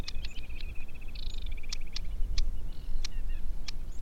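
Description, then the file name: Aquatic warbler song: a rapid rattling series of even notes, followed by clicks and short buzzy notes, over low background rumble. "Aquatic Warbler - Acrocephalus paludicola"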